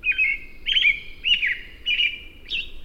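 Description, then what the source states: American Robin song: five clear, whistled caroling phrases, each slurred up and down, over soft low background noise. Heard in spring as a sign of the season.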